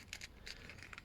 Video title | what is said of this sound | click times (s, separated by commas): Cody Rhodes AEW Supreme Figure - Perfect for WWE Elite - Unboxing and Review with Za Grand Cat | and these little bits just clip in here and then just push up | 0.1 s